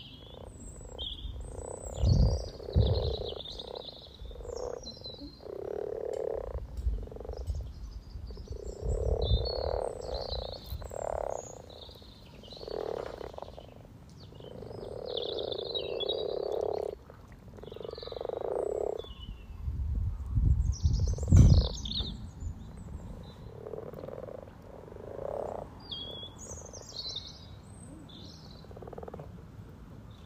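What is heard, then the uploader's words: A chorus of frogs croaks at a sunny pond, their calls overlapping in steady low bursts every second or two throughout. Small birds chirp brightly above them in the background, and a few deeper thumps and close croaks stand out around two and twenty-one seconds. Frog Chorus Spring sounds first Lunch outside St Patrick’s day. Freshfield Formby Merseyside, UK. We have 2 ponds in the garden. The sunny pond has a chorus of 20 frogs some floating, some sitting on the piles of frog spawn that have only recently been laid.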